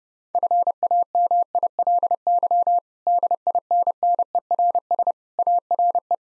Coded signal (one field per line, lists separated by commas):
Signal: Morse code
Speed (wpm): 32 wpm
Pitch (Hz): 700 Hz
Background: none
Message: FAMILY DINNERS ARE